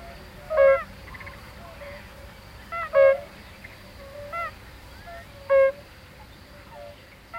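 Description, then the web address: European fire-bellied toad calls, short mellow hooting notes repeated about every two and a half seconds, with fainter answering calls between them over a soft steady hiss. "Hangok Bombina bombina"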